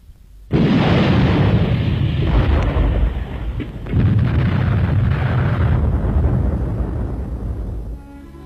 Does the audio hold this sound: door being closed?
no